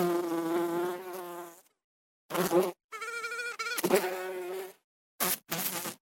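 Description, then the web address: Bee buzz, a droning tone that starts steady, then breaks into short choppy bursts separated by silences. "пчела"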